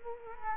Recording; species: mosquito wingbeat signal from an infrared sensor; Culex quinquefasciatus